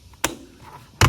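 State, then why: Seated. A refrigerator door in a trailer's kitchen slide is shut so its latch clicks into the fridge cabinet, with sharp clicks at 0.2 s and 1.0 s. Each click signals the latch is seated, which keeps the door seals tight.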